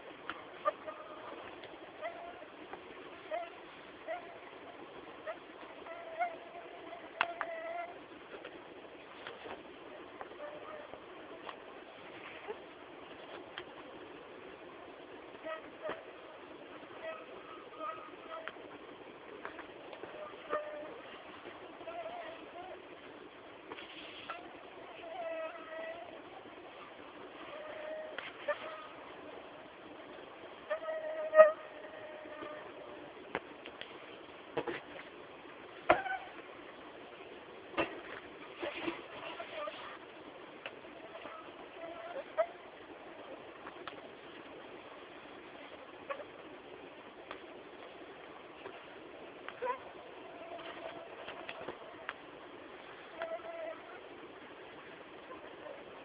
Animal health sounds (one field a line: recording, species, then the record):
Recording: mosquito flight sound by mobile phone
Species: Anopheles arabiensis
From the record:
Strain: Dongola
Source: CDC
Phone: Samsung T209